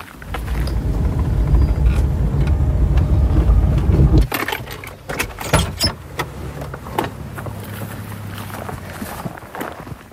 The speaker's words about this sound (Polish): Musimy wsiąść w samochód, podjechać na następną górkę.